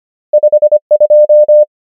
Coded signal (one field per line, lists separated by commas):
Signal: Morse code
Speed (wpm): 25 wpm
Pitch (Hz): 600 Hz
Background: none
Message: 5 2